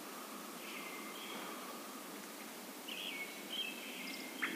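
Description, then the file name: Brown-headed thrush song: two faint whistled phrases over steady background hiss. "akahara"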